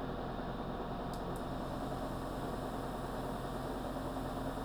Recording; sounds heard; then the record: poultry house recording; no chicken sound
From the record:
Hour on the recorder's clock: 22